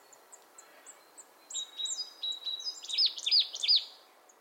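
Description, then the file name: Marsh tit calls: soft high chips at first, then a lively mix of whistled and sharply arched notes that grow louder and then stop. "Poecile palustris"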